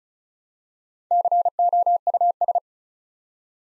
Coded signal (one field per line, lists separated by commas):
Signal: Morse code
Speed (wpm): 36 wpm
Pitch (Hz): 700 Hz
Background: none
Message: COUS